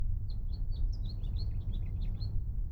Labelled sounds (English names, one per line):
House Finch song